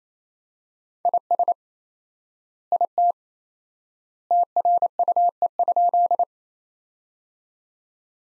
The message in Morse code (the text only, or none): IS IT TRUE?